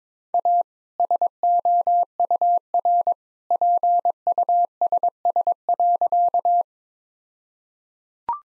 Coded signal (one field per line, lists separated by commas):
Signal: Morse code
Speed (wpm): 22 wpm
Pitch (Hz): 700 Hz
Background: none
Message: A SOURPUSS.